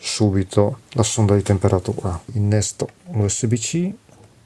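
A USB-C cable plug is handled for insertion into the USB-C power port of a Tooltop ET2202 lead-acid battery tester. Someone talks through almost the whole clip, and it falls quiet near the end. Nothing has seated or clicked yet.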